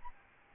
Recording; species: mosquito wingbeat signal from an infrared sensor; Aedes albopictus